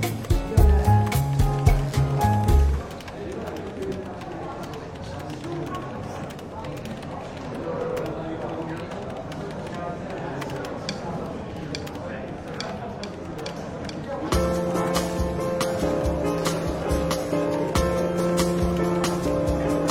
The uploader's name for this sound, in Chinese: 伦敦书店咖啡馆轻微喧闹氛围与柔和轻松的爵士背景音乐